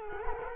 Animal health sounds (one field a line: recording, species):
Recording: mosquito wingbeat signal from an infrared sensor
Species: Culex quinquefasciatus